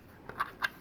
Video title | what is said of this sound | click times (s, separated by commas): Spudinator's Excellent Droid Personality Chip Cover | goes over your personality chip like so it clicks into place using the holes in the personality chip | 0.4 s, 0.6 s